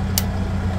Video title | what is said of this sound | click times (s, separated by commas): 잡목제거하기 엔진톱 사용방법 조경가의 현장 팁 | 시동이 걸리면 초크레버를 잘 들어보시죠. 땡기면 어떤 소리가 나는지. 딱 | 0.2 s